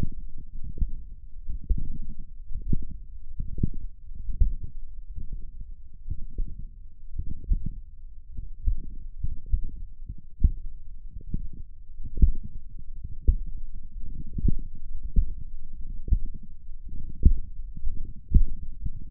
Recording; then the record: forearm muscle sounds (acoustic myography)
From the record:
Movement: tripod grip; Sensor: system 1, eight BSWA MPA416 microphones around the upper forearm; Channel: 8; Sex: male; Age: 23 years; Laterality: right